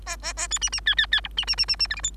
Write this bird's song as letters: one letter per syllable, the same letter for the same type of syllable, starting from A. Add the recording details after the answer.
A A A B C C D D D E C C C C C F G H. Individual Bird3